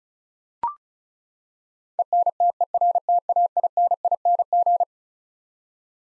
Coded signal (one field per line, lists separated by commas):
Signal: Morse code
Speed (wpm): 36 wpm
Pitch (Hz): 700 Hz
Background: none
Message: ENTERTAINING